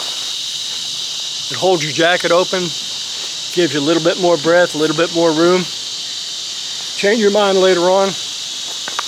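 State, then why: Released. An elastic loop that holds a motorcycle jacket open is pulled off a small hard plastic clip while someone talks over a steady high-pitched insect-like hiss. The loop pops off the clip with a short sharp click at 9.0 s, releasing easily.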